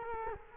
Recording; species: mosquito wingbeat signal from an infrared sensor; Culex quinquefasciatus